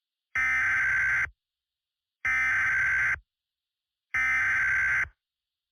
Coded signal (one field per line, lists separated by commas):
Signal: Emergency Alert System (SAME) tones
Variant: header bursts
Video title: THE ORPHAN SOURCE | EAS Nuclear Disaster Scenario